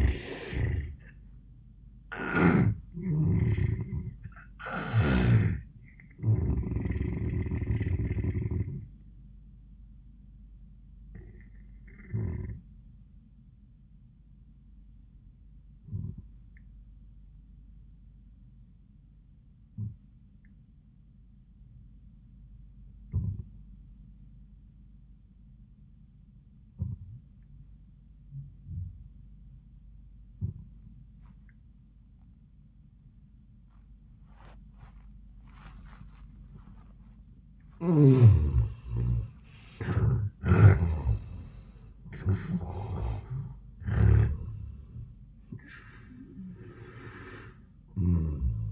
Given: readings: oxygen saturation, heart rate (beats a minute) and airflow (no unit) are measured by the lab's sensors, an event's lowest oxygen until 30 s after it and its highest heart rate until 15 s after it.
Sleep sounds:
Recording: breathing in sleep by a smartphone at the bedside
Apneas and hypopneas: 1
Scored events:
9.00-36.90 s: hypopnea (N1, oxygen 96% highest, then 75% lowest, heart rate 89 at the start, 97 highest)
21.00-48.72 s: new sleep stage, N2 (light sleep)
From the record:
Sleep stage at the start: N1 (lightest sleep)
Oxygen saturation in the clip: 77 to 96%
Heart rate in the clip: 76 to 97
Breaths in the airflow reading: 6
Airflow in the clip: -37.7 to 33.3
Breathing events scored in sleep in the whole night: 400 in 8.7 hours asleep

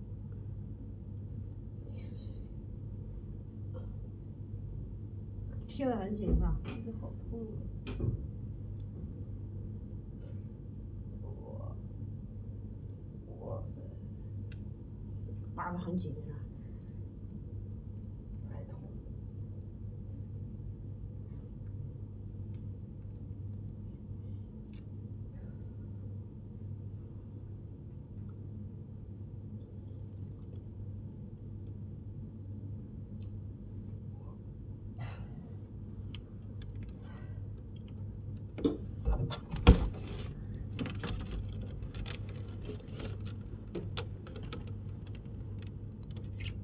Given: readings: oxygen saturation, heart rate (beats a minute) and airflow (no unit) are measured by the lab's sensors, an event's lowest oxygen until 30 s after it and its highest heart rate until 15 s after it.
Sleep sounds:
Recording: a person awake in a sleep study, by a smartphone at the bedside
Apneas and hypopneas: none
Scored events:
0.00-46.64 s: awake
0.00-46.64 s: awake
From the record:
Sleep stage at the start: awake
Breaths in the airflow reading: 16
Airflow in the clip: -1.5 to 1.5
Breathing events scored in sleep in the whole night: 103 in 8.4 hours asleep

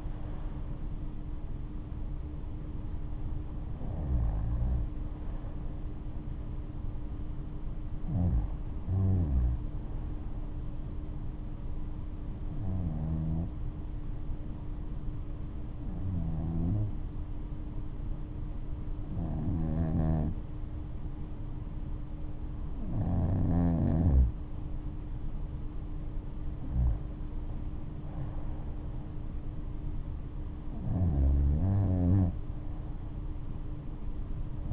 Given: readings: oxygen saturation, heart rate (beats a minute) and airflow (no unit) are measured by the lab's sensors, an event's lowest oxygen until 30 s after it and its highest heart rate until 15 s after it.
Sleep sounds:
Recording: breathing in sleep by a smartphone at the bedside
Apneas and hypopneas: 1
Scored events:
11.00-24.60 s: hypopnea (REM, oxygen 97% highest, then 94% lowest, heart rate 71 at the start, 72 highest)
From the record:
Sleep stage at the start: REM sleep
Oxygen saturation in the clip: 94 to 97%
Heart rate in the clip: 65 to 77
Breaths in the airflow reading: 8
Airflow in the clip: -11.3 to 10.1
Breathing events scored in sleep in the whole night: 228 in 5.4 hours asleep

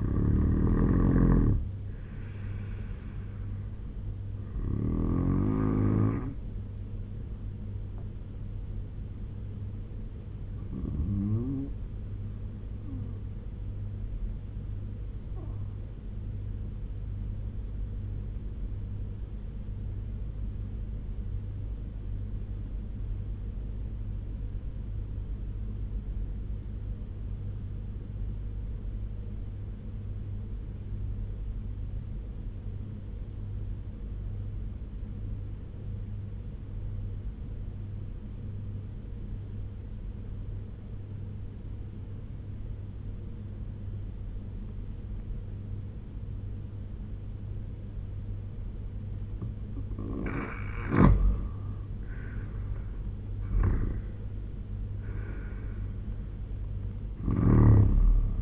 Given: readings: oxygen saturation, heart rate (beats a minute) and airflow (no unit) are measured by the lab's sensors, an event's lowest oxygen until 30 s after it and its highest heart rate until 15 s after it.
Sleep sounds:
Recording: breathing in sleep by a smartphone at the bedside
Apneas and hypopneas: 1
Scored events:
21.00-49.00 s: obstructive apnea (N2, oxygen 95% highest, then 83% lowest, heart rate 71 at the start, 84 highest)
From the record:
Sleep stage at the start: N2 (light sleep)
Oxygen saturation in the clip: 83 to 96%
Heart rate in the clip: 69 to 84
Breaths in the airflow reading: 6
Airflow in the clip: -7.2 to 10.6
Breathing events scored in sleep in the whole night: 201 in 6.5 hours asleep

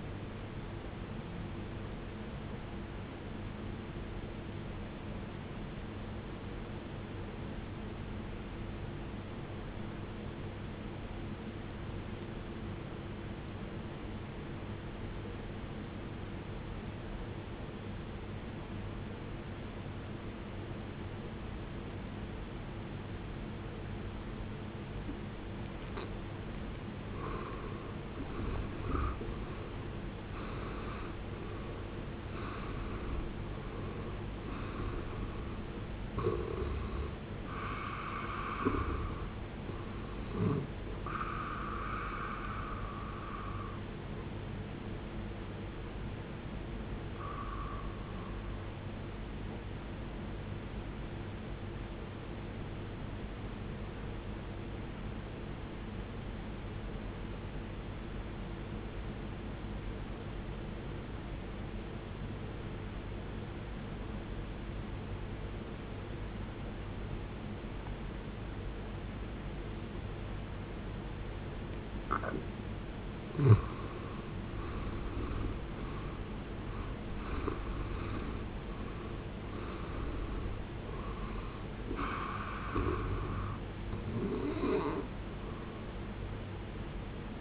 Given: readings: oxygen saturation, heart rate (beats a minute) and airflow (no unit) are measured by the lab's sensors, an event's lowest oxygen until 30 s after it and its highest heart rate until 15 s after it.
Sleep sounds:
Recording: breathing in sleep by a voice recorder at the bedside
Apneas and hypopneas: 2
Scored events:
3.00-27.20 s: obstructive apnea (N1, oxygen 94% highest, then 77% lowest, heart rate 73 at the start, 75 highest)
47.00-74.00 s: obstructive apnea (N1, oxygen 94% highest, then 78% lowest, heart rate 55 at the start, 79 highest)
56.00-86.00 s: new sleep stage, N2 (light sleep)
86.00-87.41 s: new sleep stage, N1 (lightest sleep)
From the record:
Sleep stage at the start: N1 (lightest sleep)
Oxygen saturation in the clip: 77 to 94%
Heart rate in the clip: 52 to 79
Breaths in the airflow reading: 11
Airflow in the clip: -18.2 to 18.3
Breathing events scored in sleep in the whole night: 389 in 6.3 hours asleep

